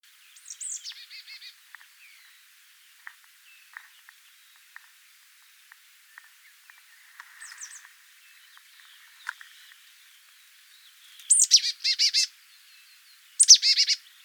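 Marsh tit giving sharp, high explosive call notes, some in quick bursts, spaced irregularly, with faint ticking chips between them.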